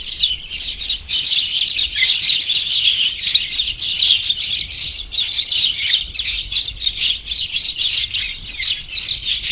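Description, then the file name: Birds tweeting busily together, many high twittering notes overlapping in a steady flow that eases briefly around the five-second mark before picking up again. "birds chirping cheerfully"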